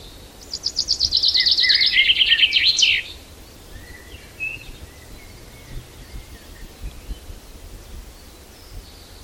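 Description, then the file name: Common chaffinch song: one bright, fast, stepped trill falling toward a closing flourish, followed by faint chirps. "Fringilla coelebs"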